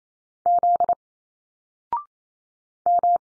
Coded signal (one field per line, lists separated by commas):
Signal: Morse code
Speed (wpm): 28 wpm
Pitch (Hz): 700 Hz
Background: none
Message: Z M